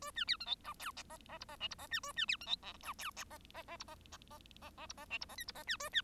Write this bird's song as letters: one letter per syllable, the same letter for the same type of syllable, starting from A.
A B C D E F G H H I H J I H B A B C D E H H H H I H H H H I H J I H K I H B A B